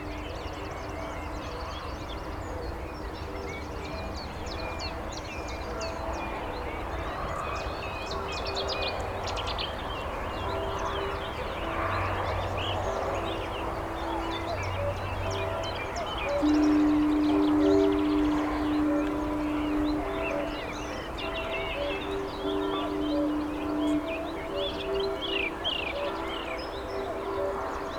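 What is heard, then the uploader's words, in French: Sound impression of the port town of Cherbourg and its surroundings: a steady, dense wash of outdoor noise with a low rumble underneath. Scattered bird calls and faint voices come and go, and a sustained tone appears from about sixteen seconds, slightly louder. Impression sonore de la ville portuaire de Cherbourg et de ses environs (Quettehou, St Vaast La Hougue).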